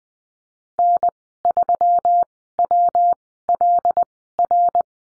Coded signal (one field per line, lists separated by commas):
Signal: Morse code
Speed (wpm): 20 wpm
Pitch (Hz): 700 Hz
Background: none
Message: N3WLR